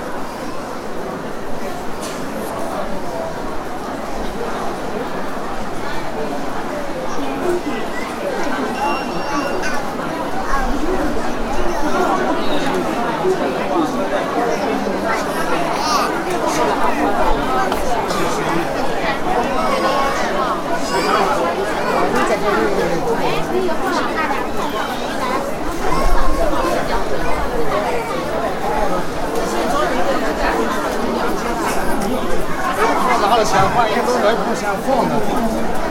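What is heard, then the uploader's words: A busy hospital outpatient hall fills with a dense, continuous murmur of many overlapping voices, no single speaker standing out. The chatter holds steady throughout, swelling slightly around the middle and again near the end, with occasional brief clatters and louder exclamations. Qingdao Hospital Outpatient Hall. Track 8 is Qingdao Hospital’s busy outpatient service hall.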